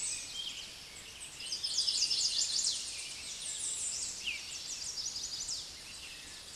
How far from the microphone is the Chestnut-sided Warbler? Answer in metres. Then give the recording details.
about 40 m. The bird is about 10 m above the microphone. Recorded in a Pennsylvania forest on 16 May 2024 at 06:00. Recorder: AudioMoth, point MSD-2478. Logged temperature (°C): 15.6 °C. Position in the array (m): 81 m, 221 m